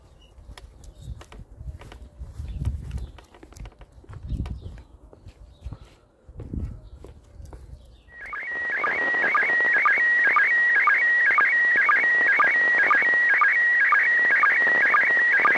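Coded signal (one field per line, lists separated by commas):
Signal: SSTV (slow-scan television)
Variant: PD120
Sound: low rumbling noise, then a warbling high tone with steady rhythmic clicks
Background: radio static, rumble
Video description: Russian cosmonauts on the International Space Station (ISS) sent out Slow Scan TV images on 145.800 MHz FM using the SSTV mode PD-120.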